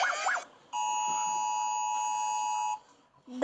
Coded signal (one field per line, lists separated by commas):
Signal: Emergency Alert System (SAME) tones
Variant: 853 and 960 Hz attention tone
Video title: RATING EAS ALARMS OF THE COUNTRYS IDK ❓ WHAT ARE THE OTHER NAMES OF FLAGS OK 🆗🆗🆗🆗🆗🆗